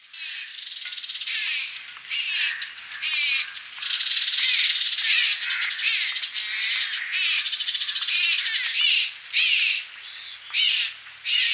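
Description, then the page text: Large grey babbler calls, a noisy, dense chorus of rattling and squeaking chatter that swells in the middle and then breaks into shorter bursts. Calls of a family group. "Large Grey Babbler Family Group Calls. Quick Sounds"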